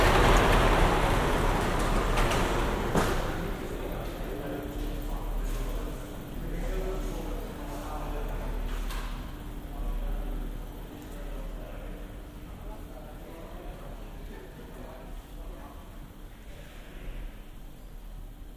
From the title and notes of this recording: The passenger ferry that makes the short harbour crossing from Gosport to Portsmouth here on the south coast of England. Boarding in Portsmouth. Binaural.